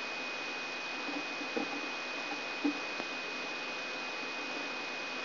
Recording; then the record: brain microelectrode recording played as sound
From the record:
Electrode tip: inside the subthalamic nucleus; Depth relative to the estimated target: -4 mm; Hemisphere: left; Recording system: AlphaMap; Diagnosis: Parkinson's disease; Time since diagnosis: 24 years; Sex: male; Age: 67 years